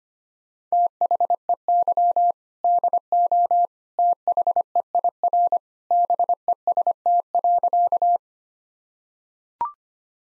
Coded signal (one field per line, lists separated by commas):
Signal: Morse code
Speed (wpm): 25 wpm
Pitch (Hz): 700 Hz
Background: none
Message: THEY DO THEIR BEST.